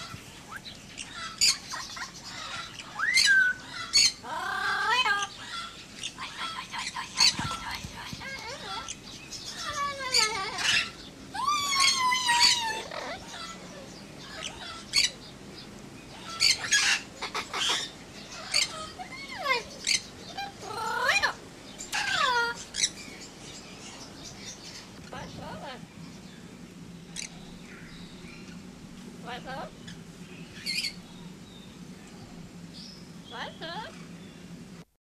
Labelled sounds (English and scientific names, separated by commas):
Yellow-crowned Amazon (Amazona ochrocephala) call